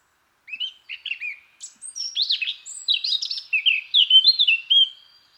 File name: Sylvia atricapilla